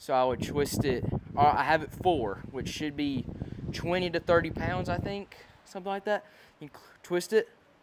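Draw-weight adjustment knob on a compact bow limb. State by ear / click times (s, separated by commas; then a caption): not seated / none. Someone talks while handling the draw-weight adjustment knob on the top limb of an Accubow Nano compact bow, currently set at four (about 20 to 30 lbs), about to twist it clockwise. Speech fills most of the clip, with quieter moments and faint handling noise near the end. The knob has not clicked into its next detent yet.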